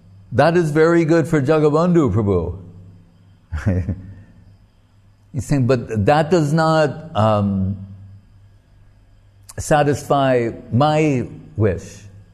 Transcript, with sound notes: “That is very good for Jagabandhu Prabhu. [chuckling] But, that does not satisfy my wish.”